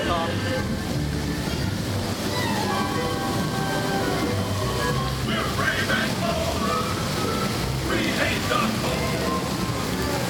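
A theme park soundscape with a constant, dense wash of crowd chatter and voices over a low mechanical rumble, possibly a ride vehicle or train. Bursts of brighter voices or shouts rise around the fifth to sixth and eighth seconds, with the loudness staying steady throughout.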